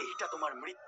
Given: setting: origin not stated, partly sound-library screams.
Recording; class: one-second piece from a danger detection set; woman in danger